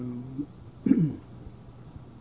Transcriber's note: clears throat